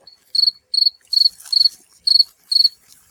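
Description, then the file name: Field cricket song: short pulsed chirps of three to four pulses, repeated about every half second. "Gryllus campestris"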